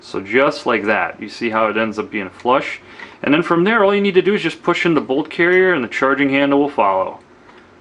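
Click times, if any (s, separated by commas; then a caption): none. During reassembly of a WE Tech M4 gas blowback airsoft rifle, the bolt carrier is being readied to push forward into the upper receiver, with the charging handle set to follow it in. Someone talks throughout, with no distinct mechanical sounds standing out. Nothing has seated or clicked yet.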